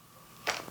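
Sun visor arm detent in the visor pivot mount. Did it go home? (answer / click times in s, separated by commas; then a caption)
yes / 0.5 s. A repaired Ferrari 550/575/360 sun visor, previously floppy, is folded back up and its arm snaps into the detent in the visor pivot mount. The detent makes a short, sharp click at 0.5 s, followed by a brief fainter rattle. The visor is seated and held in its vertical, upright position.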